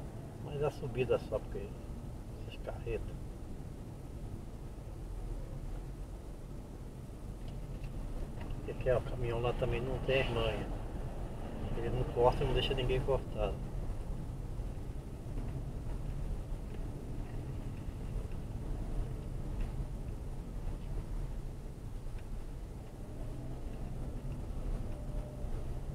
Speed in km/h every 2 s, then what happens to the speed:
13, 14, 14, 15, 14, 17, 15, 17, 17, 14, 11, 15, 18.
0-16 steady at about 15. 16-20 slows to 11. 20-26 speeds up to 18.